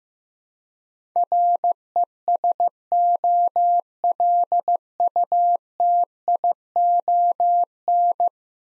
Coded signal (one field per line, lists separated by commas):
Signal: Morse code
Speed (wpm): 15 wpm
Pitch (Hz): 700 Hz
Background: none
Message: RESOLUTION